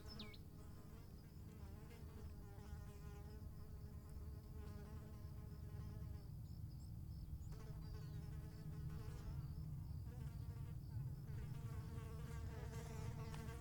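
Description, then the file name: Fly buzzing: a continuous droning hum, the buzzy tone wavering throughout over a steady low background rumble. "Flies"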